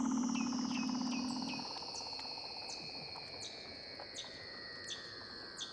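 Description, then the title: Weddell seal underwater calls: long sustained high whistles, repeated short descending chirps, and a low buzzing tone at the start. "Douglas Quin - Weddell Seals (Underwater)"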